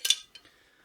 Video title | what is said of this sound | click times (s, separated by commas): WK180C Review | pop it all the way down make sure it locks in place and | 0.1 s